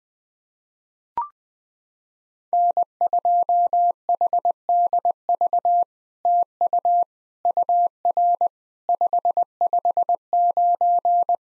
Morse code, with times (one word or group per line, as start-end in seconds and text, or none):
2.5-5.8 N2HDV
6.3-7.0 TU
7.5-8.5 UR
8.9-11.4 559